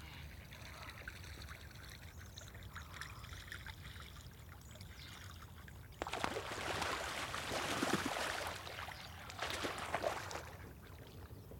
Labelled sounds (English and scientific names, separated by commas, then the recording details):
Mallard (Anas platyrhynchos)
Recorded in the wild
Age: adult
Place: Altmörbitz, Talsperre Schömbach, Saxonia, DE
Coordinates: 50.992, 12.5744
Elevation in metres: 195
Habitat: lake
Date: 2024-07-27 13:30
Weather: 20-25°C, cloudy
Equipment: Sound Devices MixPre6, Sennheiser MKH8060
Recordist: Frommolt, Karl-Heinz